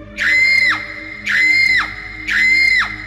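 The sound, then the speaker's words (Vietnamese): A young woman screams loudly three times in a row at night, each scream a sustained, piercing high-pitched wail lasting about half a second that drops off sharply at the end, with brief pauses between. “Cô gái hét lớn, lao thẳng về phía cụ Mẫn.”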